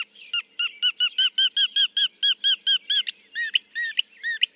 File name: Northern Mockingbird